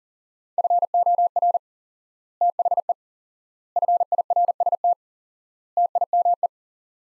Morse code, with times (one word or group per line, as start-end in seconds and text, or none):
0.6-1.6 FOR
2.4-2.9 THE
3.8-4.9 FIRST
5.8-6.5 TIME